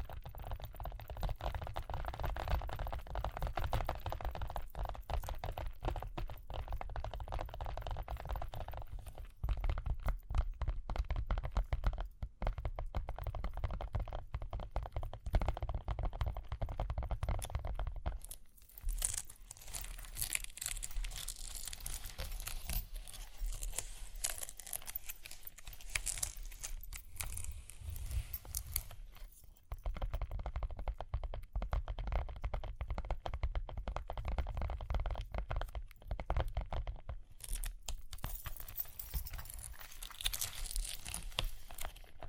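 Tapping and scratching sounds with ear-cleaning rubs, dense and continuous throughout. The first eighteen seconds carry a heavier, muffled rumbling texture; after that the sound turns brighter and crisper, with crinkly scratching and short pauses near 18, 29 and 37 seconds.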